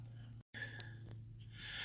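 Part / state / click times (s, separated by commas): radio bezel into truck dashboard / seated / 0.8 s, 1.1 s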